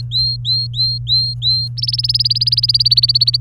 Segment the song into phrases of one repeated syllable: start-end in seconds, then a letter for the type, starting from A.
0.00-1.68 A, 1.77-3.37 B